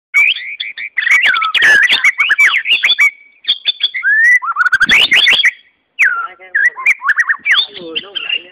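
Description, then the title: White-rumped Shama song, loud whistled phrases mixed with harsh clicks and scratchy notes, rich and varied, in bursts separated by short silences. "murai batu"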